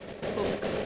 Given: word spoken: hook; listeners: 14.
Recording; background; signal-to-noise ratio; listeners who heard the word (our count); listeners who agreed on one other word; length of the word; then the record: one English word in noise, from a listening test; noise modulated by three-talker babble; -5.1 dB; 0 of 14; 6 of 14; 0.46 s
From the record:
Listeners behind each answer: 6, 2, 1, 1, 1, 1, 1, 1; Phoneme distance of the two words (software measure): 10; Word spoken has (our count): 1 syllable, 3 phonemes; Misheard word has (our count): 1 syllable, 3 phonemes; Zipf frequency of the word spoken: 4.21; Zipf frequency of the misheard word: 5.21